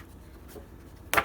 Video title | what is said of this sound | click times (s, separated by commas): Little Things mini album - part 7-tabs, magnets and corner pocket | Snapping into place, | 1.1 s